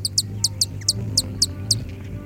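Hummingbird giving sharp, high chips, about eight in two seconds at an uneven pace.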